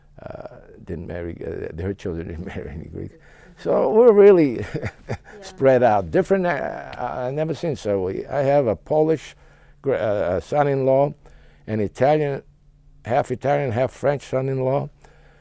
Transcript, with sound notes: didn't marry, her children didn't marry any Greeks. So we're really ( he laughs ) spread out. Difference, I've never seen, so I have a Polish son-in-law, an Italian, half-Italian, half-French son-in-law.